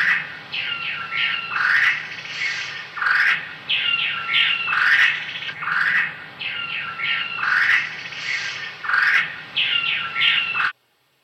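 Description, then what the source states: Bird squawking and chattering, harsh rasping notes mixed with piping whistles, rising and falling in repeated bursts, over a steady low background hum. Calls of red-headed birds.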